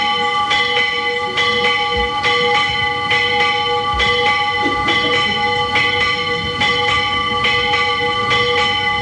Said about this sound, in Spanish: De este convento, cuyas campanas oímos, sale la Hermandad del Gran Poder en la procesión del Viernes de Dolores. Suena la campana de este convento.